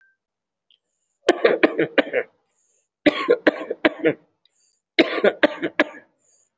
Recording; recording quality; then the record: heavy voluntary cough; excellent, no background noise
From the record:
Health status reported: respiratory illness, not identified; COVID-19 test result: not tested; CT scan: not taken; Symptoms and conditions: breathing difficulty, muscle pain, asthma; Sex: male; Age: 43 years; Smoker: no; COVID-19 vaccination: one dose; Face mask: worn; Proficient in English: yes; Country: India